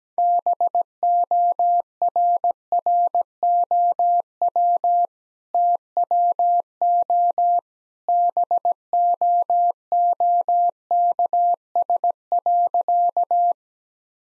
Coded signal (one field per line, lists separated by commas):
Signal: Morse code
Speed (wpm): 17 wpm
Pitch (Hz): 700 Hz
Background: none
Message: BORROW TWO BOOKS.